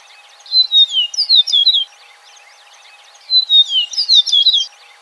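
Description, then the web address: Eastern meadowlark song: two phrases of high slurred whistles sliding downward into quick jumbled notes, about three seconds apart, over a faint steady hum. Recorded on 4 January 2007. "Eastern Meadowlark 2007 01 04"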